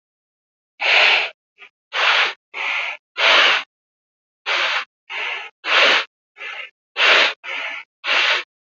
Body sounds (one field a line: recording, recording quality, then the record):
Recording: deep breathing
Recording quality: excellent, no background noise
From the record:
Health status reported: exposed to COVID-19, no respiratory illness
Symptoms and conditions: cough, cold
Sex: male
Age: 22 years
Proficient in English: yes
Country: India